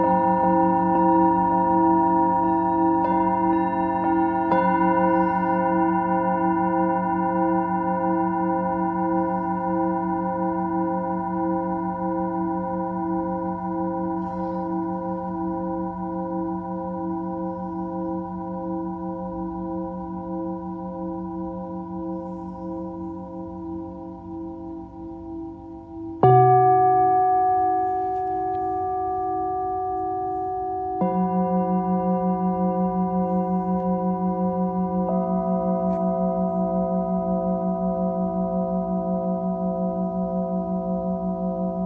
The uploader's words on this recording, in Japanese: シンギングボウルライブ。シンギングボウルの振動。